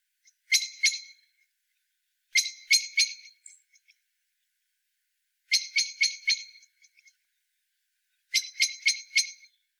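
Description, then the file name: Eurasian blackbird giving harsh chattering rattles, four bursts of three to five rapid clicky notes, separated by pauses. "Turdus merula"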